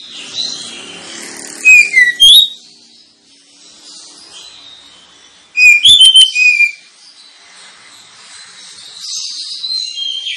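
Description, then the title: Oriental magpie-robin singing two loud bursts of varied whistles and clicks about four seconds apart, with quieter high bird chatter running throughout. Kacer lure recording intended to provoke kacer birds into fighting song; singing described as ngotot, full tembakan, ngeplong and gacor. "Kacer Langsung Tarung Konslet KACER NGOTOT FULL TEMBAKAN. Kacer dimana SAJA Bakalan NGEPLONG GACOR dengan Pancingan Kacer ini"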